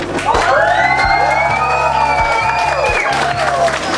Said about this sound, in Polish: I dla nich wszystkich teraz brawa.